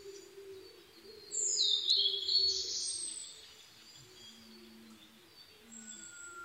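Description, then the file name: Blue-and-white flycatcher giving one rich whistled phrase of high, fast-changing notes. A faint low tone and soft calls sound in the background. 22 May 2011 at 04:34. "ooruri-20110522-0434"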